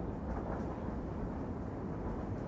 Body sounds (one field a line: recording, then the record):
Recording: background sound without coughing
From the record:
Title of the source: Train Ride Ambience ambient white noise for sleeping, focus, studying, reading